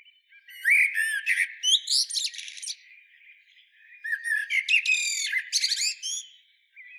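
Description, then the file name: Eurasian blackbird singing two phrases of fluted whistles mixed with squeaky, high twittering, with a short pause between. "Turdus merula"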